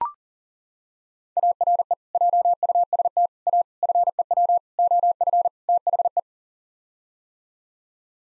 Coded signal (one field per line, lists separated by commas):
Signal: Morse code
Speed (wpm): 40 wpm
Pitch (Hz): 700 Hz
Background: none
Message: ARE JUST A FEW OF THE